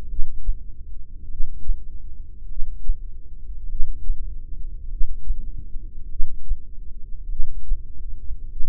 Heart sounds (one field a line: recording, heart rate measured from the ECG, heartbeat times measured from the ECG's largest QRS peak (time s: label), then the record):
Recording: heart sounds by microphone in the left ear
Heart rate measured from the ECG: 50 bpm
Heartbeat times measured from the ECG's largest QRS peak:
0.10 s: heartbeat
1.30 s: heartbeat
2.50 s: heartbeat
3.70 s: heartbeat
4.91 s: heartbeat
6.11 s: heartbeat
7.31 s: heartbeat
8.51 s: heartbeat
From the record:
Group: heart failure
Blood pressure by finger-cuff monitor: 112/56 mmHg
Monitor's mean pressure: 73 mmHg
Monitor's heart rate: 50 bpm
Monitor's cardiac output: 4.6 L/min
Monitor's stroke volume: 93 mL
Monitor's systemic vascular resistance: 1120 dyn s/cm5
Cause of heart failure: cardiac sarcoid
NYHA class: 1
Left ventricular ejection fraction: 39%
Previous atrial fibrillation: present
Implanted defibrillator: present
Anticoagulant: apixaban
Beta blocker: carvedilol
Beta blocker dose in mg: 50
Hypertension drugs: ramipril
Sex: male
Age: 79 years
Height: 184 cm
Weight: 92.5 kg